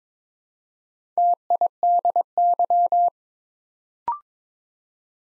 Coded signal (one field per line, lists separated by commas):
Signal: Morse code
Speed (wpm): 22 wpm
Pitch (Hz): 700 Hz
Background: none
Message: TIDY